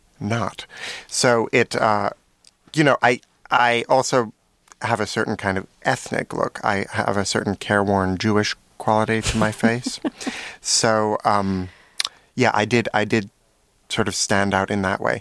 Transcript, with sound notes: So it - you know, I also have a certain kind of ethnic look. I have a certain careworn Jewish quality to my face.
(LAUGHTER)
So yeah, I did sort of stand out in that way.